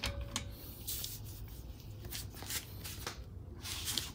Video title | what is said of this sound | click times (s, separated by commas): Ô tô: Thay má phanh xe o to tại nhà kiên thức kham khảo | Khi mà các bạn nghe tiếng click á là các bạn biết các bạn siết đúng lực. Đó. | 4.0 s